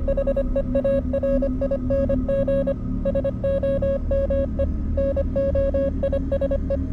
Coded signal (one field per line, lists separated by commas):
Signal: Morse code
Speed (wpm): 25 wpm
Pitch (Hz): 550 Hz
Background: music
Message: HEARING SOME NOISE